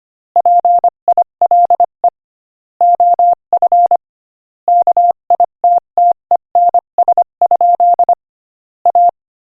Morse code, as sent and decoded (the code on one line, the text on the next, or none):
.--. .. .-.. . / --- ..-. / -.- .. - - . -. ... ..--.. / .-
PILE OF KITTENS? A